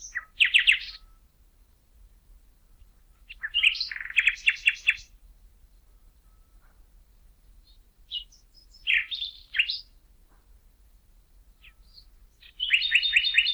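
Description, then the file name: Common nightingale singing four short phrases of high chirps and quick rattling repeated notes, the first three each followed by a pause of a few seconds. "Luscinia megarhynchos"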